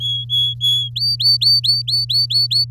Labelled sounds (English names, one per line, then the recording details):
Domestic Canary song
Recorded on 7 May 2018 at 14:17
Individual llb16